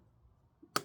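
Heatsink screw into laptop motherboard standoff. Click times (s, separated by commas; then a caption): 0.8 s. The fourth CPU heatsink screw on a Lenovo ThinkPad X1 Carbon Gen 10 is twisted backwards in its laptop motherboard standoff until its thread drops into the start, then turned forward three times. After a near-silent stretch, a single sharp, bright click sounds at 0.8 s as the thread seats.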